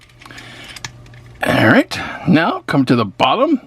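The second plastic forearm of a Transformers Studio Series Mixmaster transforming robot figure is raised and its inner port is pushed onto a tab by the wheel. After a few faint taps, one sharp, strong click at 0.8 s marks the port snapping into place, and someone then talks.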